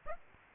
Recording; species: mosquito wingbeat signal from an infrared sensor; Aedes aegypti